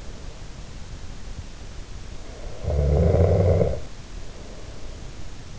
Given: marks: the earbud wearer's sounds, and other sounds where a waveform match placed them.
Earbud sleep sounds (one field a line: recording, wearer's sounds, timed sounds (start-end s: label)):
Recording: sounds in sleep by an in-ear microphone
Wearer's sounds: snoring breath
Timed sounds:
2.48-4.03 s: snoring breath